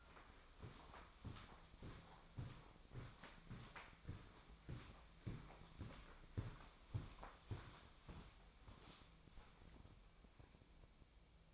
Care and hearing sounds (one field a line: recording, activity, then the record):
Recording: daily activity, microphone in the room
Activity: walk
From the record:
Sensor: 1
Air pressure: 1009.3 hPa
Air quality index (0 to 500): 186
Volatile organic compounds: 4 ppm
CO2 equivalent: 1573 ppm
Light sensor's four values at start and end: 52/138/57/70 and 51/139/57/69